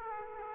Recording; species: mosquito wingbeat signal from an infrared sensor; Aedes aegypti